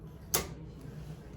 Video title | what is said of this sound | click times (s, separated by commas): Using Janome Mb7 to embroider a hoodie | And you're gonna hear them snap. | 0.3 s